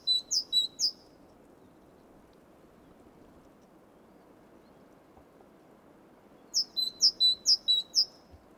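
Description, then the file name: Great tit with short bursts of high-low two-note phrases, a few at the start, then a long quiet gap of steady hiss before another rapid run of phrases. "Parus major"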